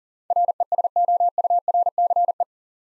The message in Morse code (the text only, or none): RESOURCE